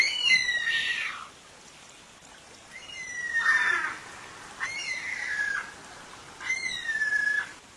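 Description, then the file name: Kiwi giving four slightly falling whistled notes, spread across several seconds over a steady background hiss. "canto do passaro kiwi"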